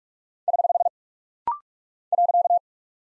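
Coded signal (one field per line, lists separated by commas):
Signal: Morse code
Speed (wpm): 44 wpm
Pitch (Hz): 700 Hz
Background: none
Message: <HH> .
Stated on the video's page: Rapid-fire 45 wpm practice drill of punctuation and prosign characters for head-copy, each sent, spoken, then sent again.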